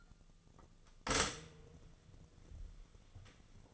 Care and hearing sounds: daily activity, microphone in the room; stop toaster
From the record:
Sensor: 4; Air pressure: 1001.0 hPa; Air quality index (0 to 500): 161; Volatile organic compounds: 2 ppm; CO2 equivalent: 1176 ppm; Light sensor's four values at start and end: 17/39/17/17 and 19/43/18/19

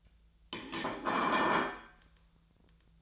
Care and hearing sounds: daily activity, microphone in the room; place plate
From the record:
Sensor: 3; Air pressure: 1009.4 hPa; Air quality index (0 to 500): 197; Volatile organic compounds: 16 ppm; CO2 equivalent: 2558 ppm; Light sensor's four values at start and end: 32/79/33/36 and 32/79/33/36

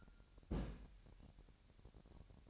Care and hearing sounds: daily activity, microphone in the room; place on stove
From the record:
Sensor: 2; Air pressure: 1011.9 hPa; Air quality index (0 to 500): 202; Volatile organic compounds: 3 ppm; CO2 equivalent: 1431 ppm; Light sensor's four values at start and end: 61/146/60/58 and 61/146/60/58

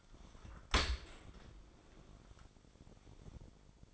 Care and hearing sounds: daily activity, microphone in the room; open dishwasher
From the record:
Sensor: 5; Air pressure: 1003.2 hPa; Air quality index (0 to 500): 130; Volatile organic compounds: 1 ppm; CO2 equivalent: 952 ppm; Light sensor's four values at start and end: 124/304/125/147 and 97/234/99/113

